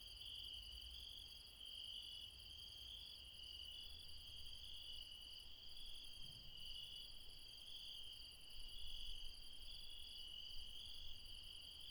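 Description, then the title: Insects in an unbroken high trilling chorus, with a faint pulsed upper layer and steady low background rumble throughout. Insects late at night in the mountains at Refuge Krevatia, Barbala, near Dion, Greece. "Refuge Krevatia, Μπαρμπαλά, Dion 601 00, Greece - Late night mountain insects"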